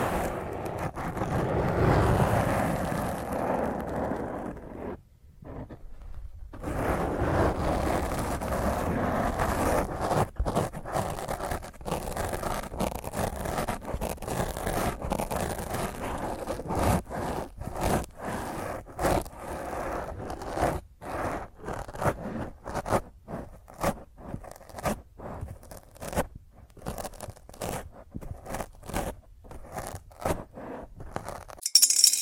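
Fingernails scratch roughly across a microphone in dense, rasping strokes, pausing briefly near five seconds, then turning choppier and more broken toward the end.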